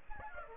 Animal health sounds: mosquito wingbeat signal from an infrared sensor; Aedes aegypti

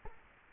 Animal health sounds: mosquito wingbeat signal from an infrared sensor; Culex quinquefasciatus

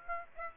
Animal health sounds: mosquito wingbeat signal from an infrared sensor; Aedes aegypti

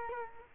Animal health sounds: mosquito wingbeat signal from an infrared sensor; Culex quinquefasciatus

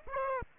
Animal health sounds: mosquito wingbeat signal from an infrared sensor; Aedes aegypti

